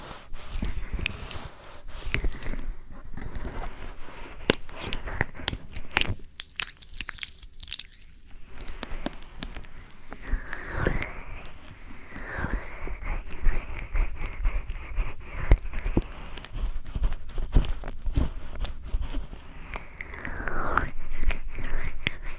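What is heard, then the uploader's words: An ear massage for ASMR: dense, rapid rustling and crackling rubs, with clicks and crunchy scratches packed closely together throughout. Sweeping rubbing strokes rise and fall around 10 to 13 seconds and again near 21 seconds, with a brief quieter stretch around 7 seconds. ASMR Ear Massage.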